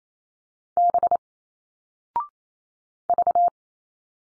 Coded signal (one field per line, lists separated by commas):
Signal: Morse code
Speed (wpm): 28 wpm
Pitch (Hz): 700 Hz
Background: none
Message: B V